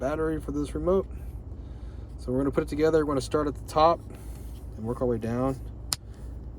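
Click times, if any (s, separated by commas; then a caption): 5.9 s. Someone talks while pressing the two plastic halves of a 2020 Nissan Kicks remote key fob together over the coin battery, starting at the top and working down. A single sharp click at 5.9 s marks the shell halves snapping together, and the case is seated.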